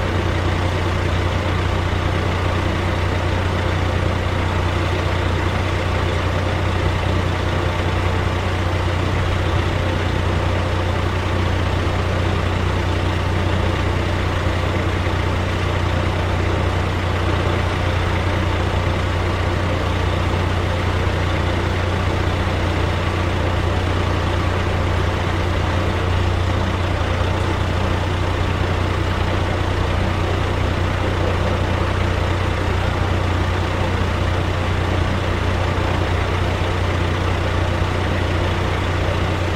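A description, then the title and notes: A truck engine idles with a steady, unbroken hum for the whole stretch, its deep low drone strongest at the bottom with a busy rattling texture above it. Loudness stays level throughout, constant, with no revving or separate events. In this episode, we bring you the soothing sound of a truck engine idling. The steady hum of the engine.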